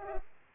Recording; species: mosquito wingbeat signal from an infrared sensor; Culex pipiens